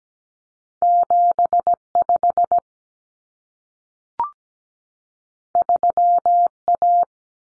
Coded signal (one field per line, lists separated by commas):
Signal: Morse code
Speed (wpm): 17 wpm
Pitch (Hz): 700 Hz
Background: none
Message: 75 3A